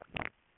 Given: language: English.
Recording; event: throat vibration sensor signal played as sound; swallow